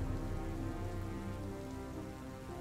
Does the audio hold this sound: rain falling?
yes